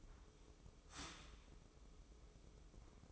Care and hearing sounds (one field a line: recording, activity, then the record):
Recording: daily activity, microphone in the room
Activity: start toaster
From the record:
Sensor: 1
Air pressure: 995.3 hPa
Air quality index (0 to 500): 25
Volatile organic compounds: 0 ppm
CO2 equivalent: 500 ppm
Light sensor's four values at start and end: 18/58/21/23 and 18/58/21/23